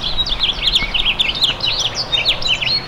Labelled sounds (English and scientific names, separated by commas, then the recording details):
House Finch (Haemorhous mexicanus) song
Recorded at Freeport on Long Island, New York, on 28 May 2013
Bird C